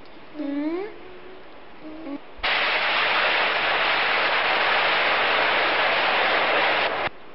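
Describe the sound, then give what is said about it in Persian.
A brief voice with rising, sliding tones gives way to a steady, dense hiss of falling rain that holds evenly for about five seconds before stopping abruptly. “اوه کی بارانه که بوسته تو؟”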